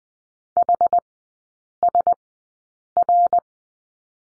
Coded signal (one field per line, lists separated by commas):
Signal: Morse code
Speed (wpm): 20 wpm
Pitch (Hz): 700 Hz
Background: none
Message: HSR